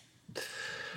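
After a brief quiet moment, a rough, hissing breath sound begins, carrying a faint steady whistle. It is a dog snoring in the background, an ordinary noisy airflow during sleep.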